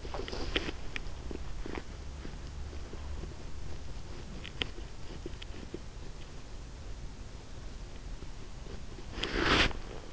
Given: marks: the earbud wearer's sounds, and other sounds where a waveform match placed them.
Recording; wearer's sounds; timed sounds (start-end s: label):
sounds in sleep by an in-ear microphone; body movement, teeth grinding
0.00-0.96 s: body movement
1.25-6.24 s: teeth grinding
8.03-8.97 s: teeth grinding
9.10-10.13 s: body movement